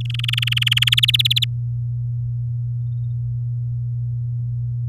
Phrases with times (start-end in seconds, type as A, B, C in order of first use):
0.01-0.94 A, 0.97-1.44 B